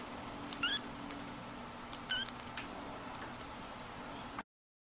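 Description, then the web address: Cat giving two brief, high, squeaky mews about one and a half seconds apart, with a steady background hiss throughout. "hayvanlar Sevimlikedi"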